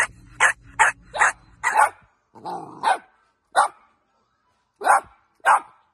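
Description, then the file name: Dog barking rapidly four times in a row, then slower single barks after a brief pause, with a low hum at the start. Cute dog barking. "Tieng cho sua de thuong dang yeu"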